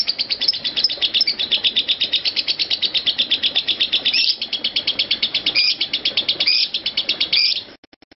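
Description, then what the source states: Lovebird chattering in a fast run of shrill chirps with occasional louder squeaks, stopping abruptly before a few soft clicks at the end. Konslet song style.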